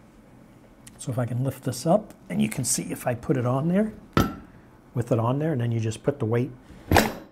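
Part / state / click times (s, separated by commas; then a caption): trailer coupler latch onto hitch ball / seated / 7.0 s. Someone talks while setting the coupler of a Demco hydraulic surge-brake actuator with electric lockout onto a 2-5/16 in hitch ball and pushing it down with weight; a sharp knock is heard at 4.2 s. At 7.0 s the coupler's spring latch lever snaps into place, seating the coupler on the ball.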